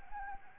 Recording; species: mosquito wingbeat signal from an infrared sensor; Anopheles arabiensis